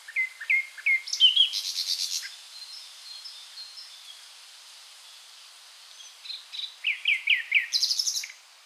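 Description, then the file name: Common nightingale song: two phrases of repeated whistled notes and harsh rattling bursts, separated by a pause with faint high thin notes. "Luscinia megarhynchos"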